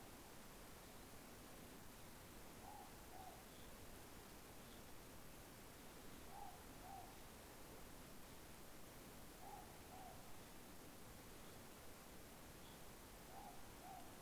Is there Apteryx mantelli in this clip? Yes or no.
no